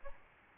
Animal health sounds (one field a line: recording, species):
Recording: mosquito wingbeat signal from an infrared sensor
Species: Aedes albopictus